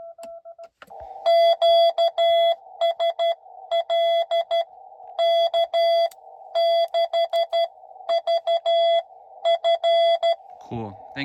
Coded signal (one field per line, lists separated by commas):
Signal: Morse code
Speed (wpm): 13 wpm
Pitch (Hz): 670 Hz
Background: speech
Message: QSL K6VF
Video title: Winter CW POTA at Utah Lake